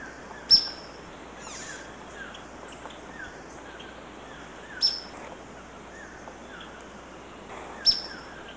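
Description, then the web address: Ornate flycatcher giving short, sharp, high-pitched notes, three in total at irregular gaps of three to four and a half seconds, over a steady insect buzz and soft descending notes. Recorded in Ecuador. "Birds of Ecuador. Ornate Flycatcher"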